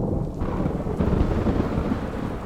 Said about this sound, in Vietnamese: Bên ngoài trời đã đổ mưa, những tia sét cứ đì đùng giáng xuống, lập lòe như muốn xé nát cả bầu trời.